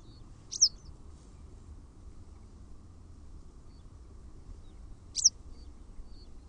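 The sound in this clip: Western Yellow Wagtail giving two high, thin, slurred calls about four and a half seconds apart against a steady low background noise.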